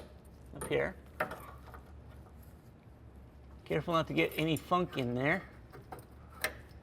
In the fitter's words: so clip it in and then do the reverse of the way we found it click